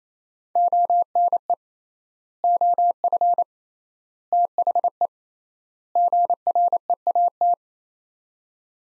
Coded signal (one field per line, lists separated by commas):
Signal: Morse code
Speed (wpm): 27 wpm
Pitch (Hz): 700 Hz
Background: none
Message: ONE OF THE GREAT